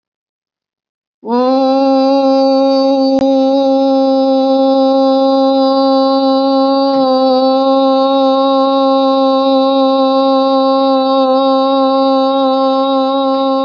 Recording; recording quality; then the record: sustained vowel as in boot; excellent, no background noise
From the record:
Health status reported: healthy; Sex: female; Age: 49 years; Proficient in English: yes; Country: India